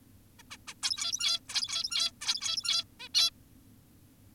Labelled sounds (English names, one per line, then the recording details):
Zebra Finch
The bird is an adult
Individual g17y2U